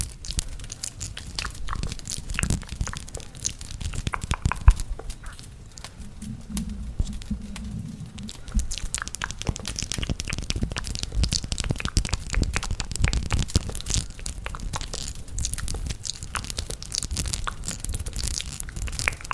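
Intense mouth sounds, wet clicks and crunchy chewing-like bites, come in a dense, irregular stream through the whole stretch, alongside a low crackling like a fireplace. Around six to eight seconds the clicking thins briefly and a soft low murmur shows through.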